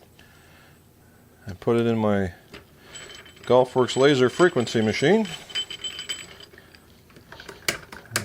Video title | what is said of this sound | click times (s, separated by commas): building a golf club Pt II frequency matching, FLO | You hear that clicking? That's a clutch. | 7.7 s, 8.2 s